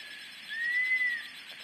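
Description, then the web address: Dusky-capped flycatcher: one soft, drawn-out whistle that swells and fades over a steady background hiss. Recorded in Ecuador. "Natures Songs S America Birds of Ecuador Dusky-capped Flycatcher"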